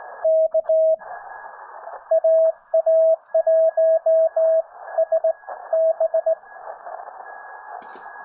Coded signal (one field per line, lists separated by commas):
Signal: Morse code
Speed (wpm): 18 wpm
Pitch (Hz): 640 Hz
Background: none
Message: K AA1SB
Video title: SKCC WES: Calling CQ